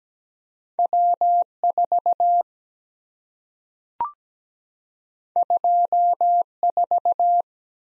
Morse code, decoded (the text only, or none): W4 24